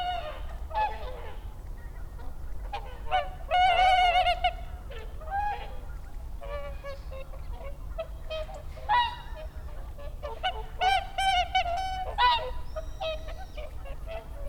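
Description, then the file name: Whooper swan flock calling, loud bugled honks rising above scattered softer calls, over a constant low background hum. Recorded 30 December 2009. "20091230 oohakutyo"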